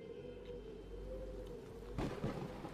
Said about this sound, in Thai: ราวกับฟ้าฝนไม่เป็นใจจู่ๆท้องฟ้าพลันก่อเกิดความดำทะมึน กระแสลมและคลื่นทะเลมีความรุนแรงกิจกรรมทุกอย่างจึงต้องหยุดชะงักก่อนที่เม็ดหาฝนจะเทกระหน่ำลงมา